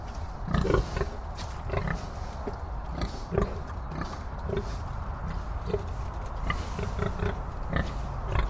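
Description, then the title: Pig giving short grunts at uneven intervals against a constant low background rumble. "Pig Vocalizations"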